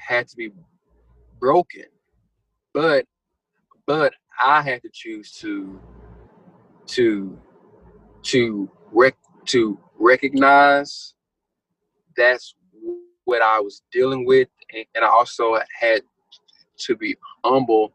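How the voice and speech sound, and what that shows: Adult man's speech with long pauses, repeated words and part-words, and stretched sounds: stuttering, present since childhood.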